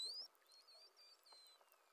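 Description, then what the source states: Pilot whale whistles: a loud rising tonal sweep in the first quarter second, then fainter overlapping whistle contours over steady hiss. Call type 59.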